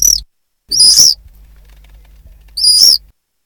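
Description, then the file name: Common swift giving short shrill screams, three brief buzzy bursts separated by gaps, over a faint low hum. "apus apus"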